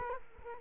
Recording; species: mosquito wingbeat signal from an infrared sensor; Culex quinquefasciatus